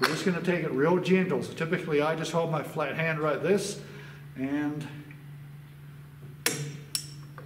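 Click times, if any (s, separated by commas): 6.5 s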